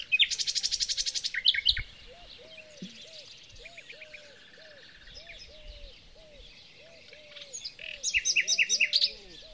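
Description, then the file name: Common nightingale song opening and closing with fast, loud rattling note series, quieter warbling in between, and a separate low arched note repeated about every half second. "Luscinia megarhynchos"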